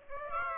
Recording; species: mosquito wingbeat signal from an infrared sensor; Aedes aegypti